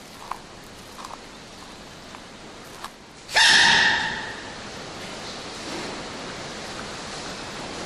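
A single sudden, explosive burst comes about a third of the way in, with a brief squeaky ring to it, then fades over about a second. This is one sneeze from a panda. Before and after, there is only a quiet outdoor hiss with a few faint clicks.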